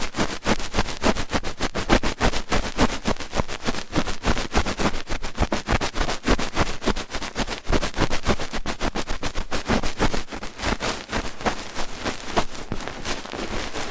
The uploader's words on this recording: ASMR Rough Ear Cleaning (No Talking).